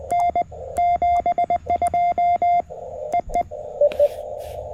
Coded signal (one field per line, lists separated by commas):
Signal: Morse code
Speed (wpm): 20 wpm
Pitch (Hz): 2100 Hz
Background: radio noise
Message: N 72 EE